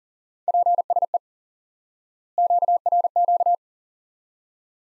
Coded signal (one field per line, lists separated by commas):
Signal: Morse code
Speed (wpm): 40 wpm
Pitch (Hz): 700 Hz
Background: none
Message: PSE QRQ